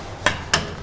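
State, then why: Seated. A metal support bar of a travel crib is pushed into the crib frame's slots. Two sharp snaps are heard at 0.3 s and 0.5 s over a low steady background. The bar is seated, snapping right into the slots.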